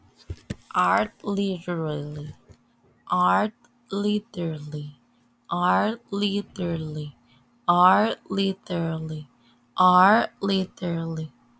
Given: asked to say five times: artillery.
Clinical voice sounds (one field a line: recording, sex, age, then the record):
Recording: repeated word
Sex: male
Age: 40 to 49 years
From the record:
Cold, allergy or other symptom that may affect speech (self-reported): no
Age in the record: 44 years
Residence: California, United States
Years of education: 20